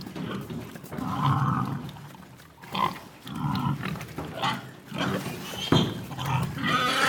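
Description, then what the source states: Pigs grunting low, broken by short squealing bursts, with mixed grunts and squeals toward the end. Piglets.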